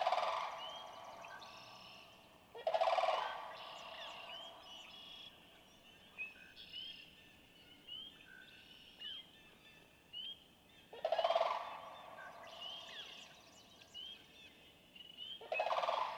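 Sandhill crane calling with harsh, rolling rattles in a few bursts far apart, while thin whistled songbird phrases fill the gaps.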